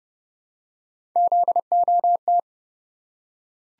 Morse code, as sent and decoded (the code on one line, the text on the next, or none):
--.. --- -
ZOT